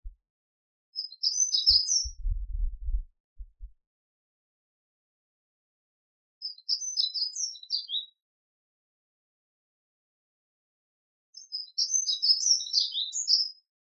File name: Prunella modularis ( 06 03 06 )